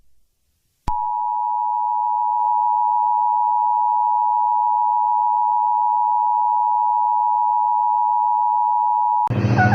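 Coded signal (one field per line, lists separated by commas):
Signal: Emergency Alert System (SAME) tones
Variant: 853 and 960 Hz attention tone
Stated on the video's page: Simulated EAS scenario recreating the Moore, Oklahoma F5 tornado.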